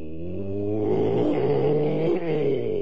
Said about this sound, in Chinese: 越嚟越响，唔睇又似可，一睇人悭都劲。原来有三部重型军用汽车，好似癫咗咁，嘘声冲紧过嚟，来势令到本地人同过往大堆人群知道唔妥啦。